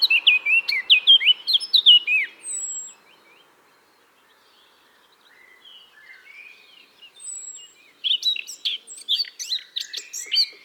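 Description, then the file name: Eurasian blackcap singing a rich, scratchy warble, dropping to a soft twittering lull midway before loud, rapid phrases return; a thin high whistle sounds twice. "Sylvia atricapilla"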